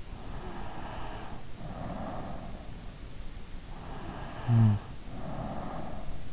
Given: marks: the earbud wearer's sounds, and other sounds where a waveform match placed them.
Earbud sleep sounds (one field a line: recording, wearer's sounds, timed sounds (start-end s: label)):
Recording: sounds in sleep by an in-ear microphone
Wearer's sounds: snoring breath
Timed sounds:
0.00-2.90 s: snoring breath
3.69-6.29 s: snoring breath